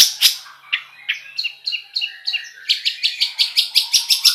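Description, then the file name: Long-tailed Shrike singing: a few separate slurred notes, then a string of short downslurred chips that speeds into a quick, even, high chatter. "suara cendet"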